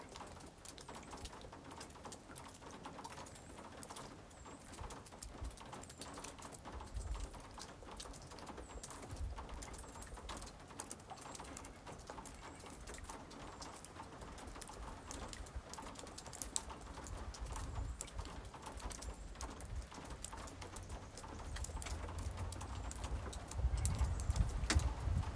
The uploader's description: water drops chimes in b flat crows car tires splashing water on black pavement